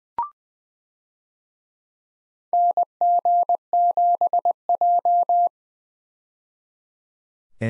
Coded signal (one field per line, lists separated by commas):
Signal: Morse code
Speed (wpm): 20 wpm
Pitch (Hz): 700 Hz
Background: none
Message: NG7J